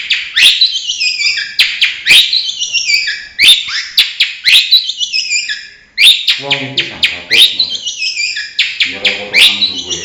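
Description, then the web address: Long-tailed shrike song of cascading, descending twittery phrases repeated again and again, with a few lower harsh notes underneath. Banyuwangi-type bird; full isian song, used to train birds. "cendet banyuwangi full isian. masteran cendet"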